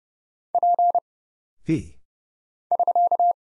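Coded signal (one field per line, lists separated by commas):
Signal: Morse code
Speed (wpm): 30 wpm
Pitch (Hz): 700 Hz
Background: none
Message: P <SK>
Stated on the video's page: Morse practice drill at 30wpm: single letters, numbers, punctuation and prosigns for instant character recognition, each sent, spoken, then sent again.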